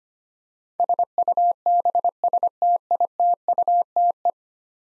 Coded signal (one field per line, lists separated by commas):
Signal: Morse code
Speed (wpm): 25 wpm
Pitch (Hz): 700 Hz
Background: none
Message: SUBSTITUTE